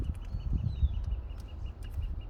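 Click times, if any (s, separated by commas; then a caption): none. An S-VCM add-on controller connector is being handled and pushed toward the coolant temperature sensor. There is low rumbling handling noise with faint scuffs and a faint steady high tone, but no distinct click, and nothing has seated or clicked yet.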